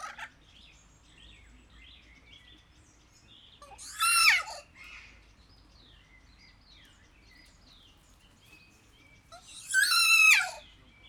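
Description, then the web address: Kea giving two loud, harsh descending screeches about six seconds apart, with faint whistles between them. Recorded at Jászberény Zoo in 2016. "allathangok jaszberenyizoo 2016 professzionalis kea hallgatolagosvendegsegben"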